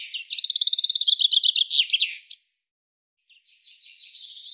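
Bird giving a fast, high trill of evenly repeated notes for about two seconds, then a silent pause and a buzzier, scratchy high phrase.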